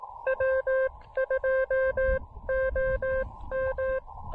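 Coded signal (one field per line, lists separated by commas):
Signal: Morse code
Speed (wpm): 18 wpm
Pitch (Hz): 1600 Hz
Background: music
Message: W2OM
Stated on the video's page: QRP SOTA summit activation with DX contacts, using an Elecraft KX2 and a compact AX2 antenna.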